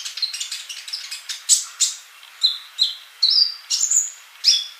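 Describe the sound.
Bird song opening with rapid high chatter, then separate bright whistled notes about every half second.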